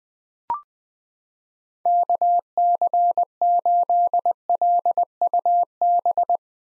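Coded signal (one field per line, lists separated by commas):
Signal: Morse code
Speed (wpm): 21 wpm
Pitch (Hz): 700 Hz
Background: none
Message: KC8LUB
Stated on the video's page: Most common 2023 POTA hunter call signs sent at 20 wpm for head-copy drill, each sent, spoken, then sent again.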